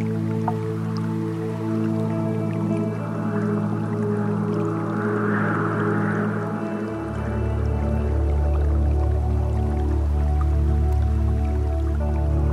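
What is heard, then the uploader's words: Gentle water trickles and drips steadily over sustained soft piano tones, with a deep low swell rising just before the midpoint and holding. Relaxing Piano and Water Sounds. Immerse yourself in the ethereal blend of calming piano melodies and the gentle murmur of a Japanese water stream.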